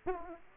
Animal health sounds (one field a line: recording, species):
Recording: mosquito wingbeat signal from an infrared sensor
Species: Aedes aegypti